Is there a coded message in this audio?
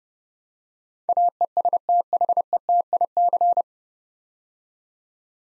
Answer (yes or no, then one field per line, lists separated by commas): yes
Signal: Morse code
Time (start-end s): 1.1-3.6 s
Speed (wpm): 30 wpm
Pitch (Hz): 700 Hz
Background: none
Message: AESTHETIC